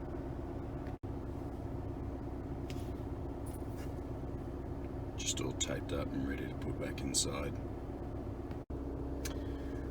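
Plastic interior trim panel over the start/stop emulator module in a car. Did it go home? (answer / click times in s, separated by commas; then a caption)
yes / 9.3 s. In an Audi Q3, the start/stop deactivation emulator module, its wiring taped up, is put back inside and the plastic interior trim panel over it is pressed back in. Someone talks over a steady low hum, with brief rustling and handling noises. A single sharp click at 9.3 s marks the trim panel seating back into place.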